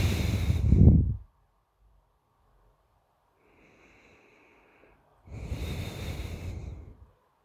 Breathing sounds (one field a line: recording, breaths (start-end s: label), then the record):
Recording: nose breathing near a microphone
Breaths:
0.00-1.14 s: exhalation
3.16-5.06 s: inhalation
5.06-6.90 s: exhalation
From the record:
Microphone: phone